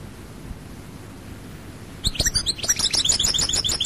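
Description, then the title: European goldfinch song starting after two seconds of quiet, a quick run of high tinkling twittering notes. "Chant Chardonneret"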